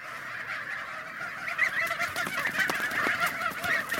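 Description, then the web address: Goose: geese honking together, a quieter start building into a busy chorus of overlapping nasal calls in the second half. "гуси"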